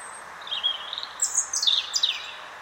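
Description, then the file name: European robin producing a high, sweet phrase that starts with a thin note, then tumbles through rapid, sliding, tinkling notes over gentle hiss. "Erithacus rubecula"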